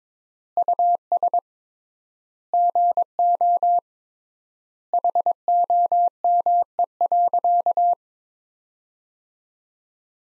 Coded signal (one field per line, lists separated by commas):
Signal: Morse code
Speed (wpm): 22 wpm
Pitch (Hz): 700 Hz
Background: none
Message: US GO HOME.